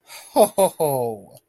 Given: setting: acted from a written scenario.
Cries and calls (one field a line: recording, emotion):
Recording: vocal sound without words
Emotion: positive surprise